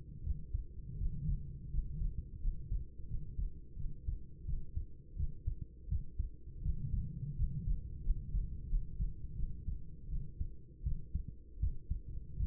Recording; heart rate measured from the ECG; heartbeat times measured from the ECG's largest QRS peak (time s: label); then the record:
heart sounds by stethoscope; 84 bpm
0.22 s: heartbeat
0.96 s: heartbeat
1.69 s: heartbeat
2.39 s: heartbeat
3.06 s: heartbeat
3.75 s: heartbeat
4.44 s: heartbeat
5.15 s: heartbeat
5.87 s: heartbeat
6.61 s: heartbeat
7.34 s: heartbeat
8.01 s: heartbeat
8.67 s: heartbeat
9.35 s: heartbeat
10.07 s: heartbeat
10.82 s: heartbeat
11.59 s: heartbeat
12.36 s: heartbeat
From the record:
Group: healthy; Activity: rest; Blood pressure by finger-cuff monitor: 102/60 mmHg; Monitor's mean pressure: 73 mmHg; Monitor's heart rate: 83 bpm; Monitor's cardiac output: 6.8 L/min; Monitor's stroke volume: 82 mL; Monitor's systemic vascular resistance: 770 dyn s/cm5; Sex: female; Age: 26 years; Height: 165 cm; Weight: 55 kg